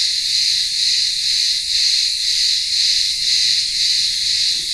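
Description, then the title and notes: Cicadas give a continuous high, dense buzzing drone that swells and fades slightly about twice a second, with no other clear sounds. Cicadas singing in midday heat in a village town square on the remote island of Ikaria, Greece. "Cicadas in the midday Greek heat. Greek village in the remote island of Ikaria. Town square - cicadas in the midday heat and maybe some distant voices of villagers"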